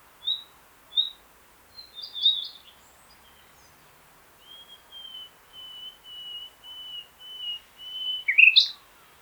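Common nightingale singing: a few short whistles, a brief chattering phrase, then a series of pure, sustained whistled notes repeated evenly, ending in a sharp flourish.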